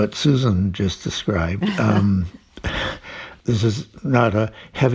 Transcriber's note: laughter